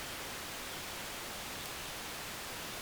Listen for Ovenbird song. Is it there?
no